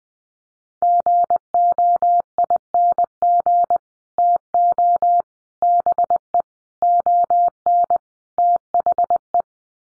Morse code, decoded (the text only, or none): GOING TO BE ON THE